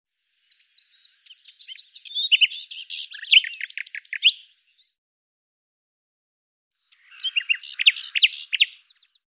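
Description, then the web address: Bird song: a rapid, jumbled phrase of high chirps and twittering notes, a pause of a few seconds, then a second shorter twittering burst. "cianscape birddata Deverinetal 2025 Bird Lu Me Lu Me"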